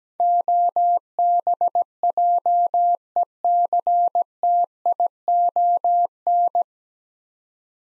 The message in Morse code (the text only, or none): OBJECTION